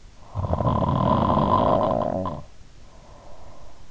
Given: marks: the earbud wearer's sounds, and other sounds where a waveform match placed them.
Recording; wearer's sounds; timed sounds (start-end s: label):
sounds in sleep by an in-ear microphone; snoring breath
0.16-3.86 s: snoring breath